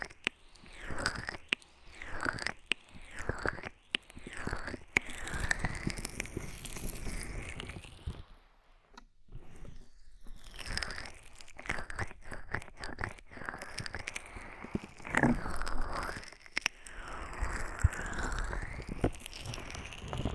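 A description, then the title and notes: An ear massage with oil and foam: dense squishing, crackling and rubbing strokes, with a brief quiet pause near eight seconds. ASMR Oil, Foam and Tingly Ear Massage.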